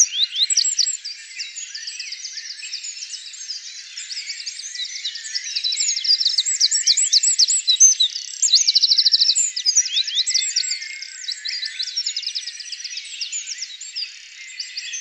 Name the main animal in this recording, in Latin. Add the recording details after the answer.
Troglodytes troglodytes. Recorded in the wild. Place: Wasenweiler am Kaiserstuhl, Baden-Württemberg, DE. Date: 2001-04-01. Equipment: MiniDisc Sharp MT 20 H. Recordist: Schwarz, Dieter